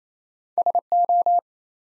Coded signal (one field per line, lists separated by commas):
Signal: Morse code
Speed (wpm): 28 wpm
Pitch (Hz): 700 Hz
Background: none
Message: SO